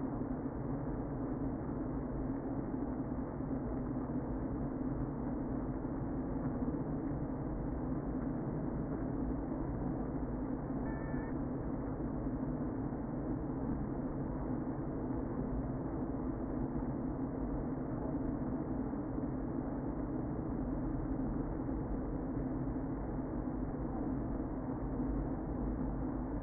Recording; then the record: honeybee colony, microphone inside the hive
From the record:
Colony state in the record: queen present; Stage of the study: before two queens were removed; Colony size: about 60,000 bees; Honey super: yes